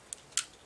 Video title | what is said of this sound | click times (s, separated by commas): Pokemon Z Ring | hear a little snap. And then you kind of just pull | 0.4 s